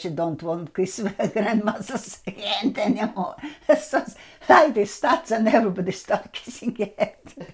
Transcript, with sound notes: You don't want kiss grandmother's hand anymore. (laughing) This starts and everybody stops kissing hand.